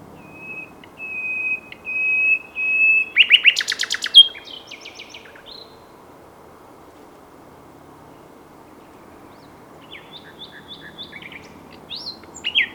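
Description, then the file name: Common nightingale song opening with a long, steady, pure whistle, then a loud volley of hard clicking notes, a pause, and a softer phrase of varied notes. "Luscinia megarhynchos"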